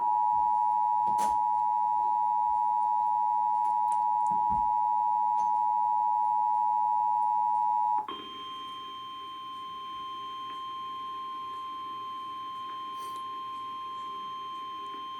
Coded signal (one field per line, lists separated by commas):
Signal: Emergency Alert System (SAME) tones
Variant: 853 and 960 Hz attention tone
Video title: Emergency Alert System - Severe Thunderstorm Warning.